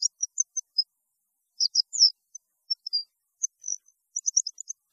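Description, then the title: European goldfinch song as sparse, high, bell-like twitters scattered throughout, ending in a tighter cluster of chirps. "Chant Chardonneret"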